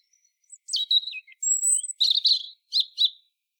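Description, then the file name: European robin song, a short phrase of thin, high, varied notes: a sliding whistle, a long high pure note, then quick twittering notes, over a quiet background. "Erithacus rubecula"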